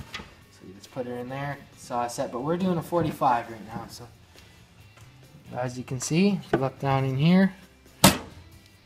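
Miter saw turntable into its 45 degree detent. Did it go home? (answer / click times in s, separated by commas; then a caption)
yes / 8.0 s. Someone talks while a miter saw's table is swung to the 45 degree setting. A sharp knock at 8.0 s is the turntable's detent locking into place at 45 degrees.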